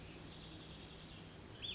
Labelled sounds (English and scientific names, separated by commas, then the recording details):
Cassin's Vireo (Vireo cassinii)
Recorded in Sonoma County, California